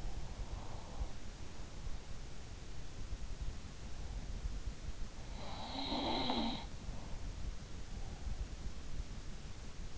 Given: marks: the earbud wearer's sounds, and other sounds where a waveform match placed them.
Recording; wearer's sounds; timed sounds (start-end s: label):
sounds in sleep by an in-ear microphone; breath
0.00-1.34 s: breath
5.35-6.86 s: sound from someone else or the room